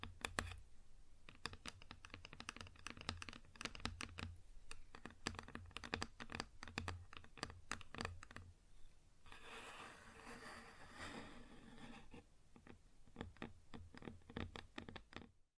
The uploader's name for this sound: Wood Surface Tapping & Scratching